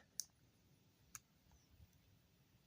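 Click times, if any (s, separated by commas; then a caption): 0.2 s, 1.1 s. The blade of a Case Mini Trapper traditional slipjoint pocketknife is opened and closed, snapping under spring tension into the 90° half-stop detent of the backspring. Two sharp clicks are heard at 0.2 s and 1.2 s against a quiet background, and the blade seats firmly in the half-stop position each time.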